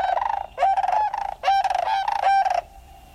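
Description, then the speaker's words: Sandhill Crane bugling calls, loud rolling trumpeting notes in several bursts with short gaps between. Courting cranes dancing in late February as days lengthen into spring, bowing and leaping with wings outstretched at sunrise; pairs remain together for life. "The stately cranes are courting, renewing an annual dance they perform in earnest as the days lengthen into spring."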